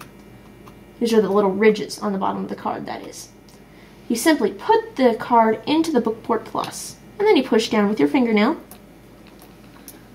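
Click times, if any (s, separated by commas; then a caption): 9.9 s. Someone talks while an SD memory card, its small ridged bottom facing down, is pushed with a fingernail into the spring-loaded card slot of an APH BookPort Plus handheld device. After the talking stops, soft handling sounds lead to a sharp click at 9.9 s as the card latches and seats in place.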